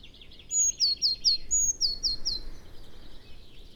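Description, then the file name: Eurasian blue tit song: a high sustained note then three rapid falling notes, given twice, with fainter twittering behind and low background rumble. "Cyanistes caeruleus"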